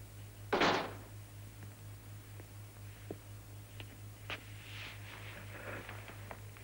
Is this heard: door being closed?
yes